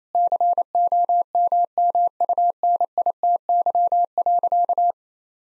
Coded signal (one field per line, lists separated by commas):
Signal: Morse code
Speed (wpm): 28 wpm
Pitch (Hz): 700 Hz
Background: none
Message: COMMUNITY.